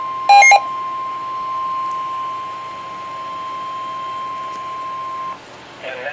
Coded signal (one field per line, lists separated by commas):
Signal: Emergency Alert System (SAME) tones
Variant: 1050 Hz attention tone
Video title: EAS #9 - Severe Thunderstorm Warning